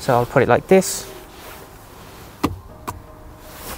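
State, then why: Seated. The plastic clip of a Belkin MagSafe magnetic phone car mount for iPhone 12/13 is pushed onto a car air-vent slat and twisted until it locks. Someone talks at the start, then two short, sharp clicks come at 2.5 s and 2.9 s as the clip is adjusted. The clip seats securely on the vent.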